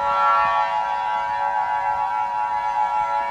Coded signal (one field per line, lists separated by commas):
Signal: Emergency Alert System (SAME) tones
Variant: 853 and 960 Hz attention tone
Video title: Black Hole - An EAS Scenario